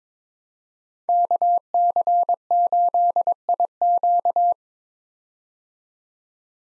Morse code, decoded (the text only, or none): KC8IQ